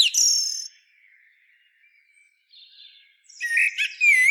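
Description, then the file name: Common blackbird giving a short high squeaky sound, then quiet with faint twitters, before a loud phrase of scratchy high notes at the end. "Turdus merula"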